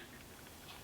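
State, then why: Not seated. The dog of a steel Duke 650 OS Pro Series predator trap, with a posi-trip style pan system, is handled over the pan toward the night-latch notch. Only faint, soft ticks are heard over a steady, even background hiss. Nothing has seated or clicked yet.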